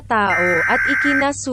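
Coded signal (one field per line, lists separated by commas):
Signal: Emergency Alert System (SAME) tones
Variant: header bursts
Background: speech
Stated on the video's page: Fictional scenario: simulated alert about an invasion of the Philippines.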